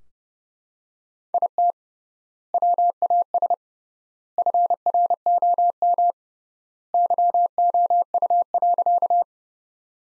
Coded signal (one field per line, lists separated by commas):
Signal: Morse code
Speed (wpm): 31 wpm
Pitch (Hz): 700 Hz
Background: none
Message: IT WAS FROM YOU.